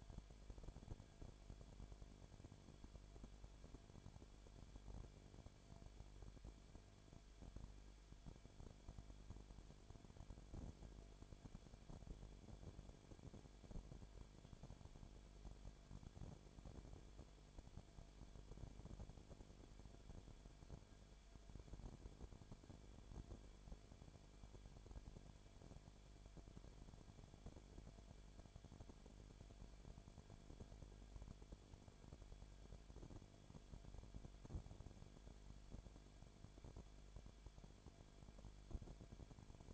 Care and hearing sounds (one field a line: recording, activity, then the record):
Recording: daily activity, microphone in the room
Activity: no activity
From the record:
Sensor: 5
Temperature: 19.8 degrees Celsius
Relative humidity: 33.3%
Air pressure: 1001.4 hPa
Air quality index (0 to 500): 31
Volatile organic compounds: 1 ppm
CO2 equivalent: 525 ppm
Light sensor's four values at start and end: 2/3/1/1 and 2/3/1/1